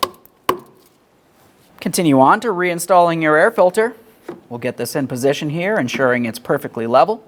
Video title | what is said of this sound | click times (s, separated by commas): How to Replace Neutral Safety Switch 2007-2013 Acura MDX 3.7L V6 | press it in listen for a click make sure it's secure as you go | 0.5 s